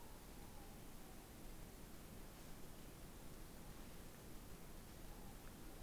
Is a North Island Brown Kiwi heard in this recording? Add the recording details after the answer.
no. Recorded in New Zealand on 16 November 2013. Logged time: 22:29. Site BS16